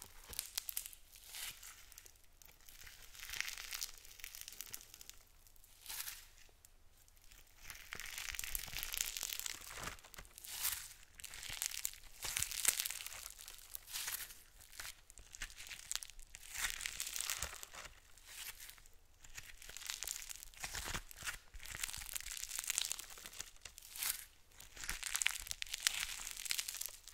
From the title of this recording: ASMR Tapping Scratching Touching